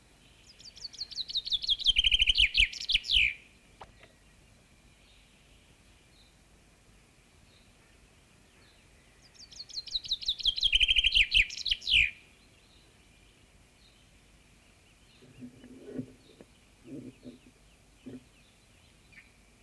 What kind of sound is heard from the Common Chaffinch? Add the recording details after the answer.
song. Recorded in the wild. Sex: male. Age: adult. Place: Hövelhof, OT Hövelriege, Senne, Nordrhein-Westfalen, DE. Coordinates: 51.8667, 8.65. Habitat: forest. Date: 1965. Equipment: Uher 4000 Report-S, Bändchenmikro Beyer M 260, Parabolspiegel Polyester (470 mm). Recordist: Conrads, Klaus. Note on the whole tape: Nahe Bahnhof Hövelriege im Eichenwald. Männchen: Gesang. Keine genaue Datumsangabe: Juni 1965